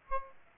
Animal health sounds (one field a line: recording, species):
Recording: mosquito wingbeat signal from an infrared sensor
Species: Aedes aegypti